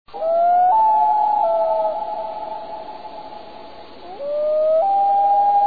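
Common loon wail: long, mournful, steady tones that step up in pitch, fade, then rise again into a second sustained wailing note.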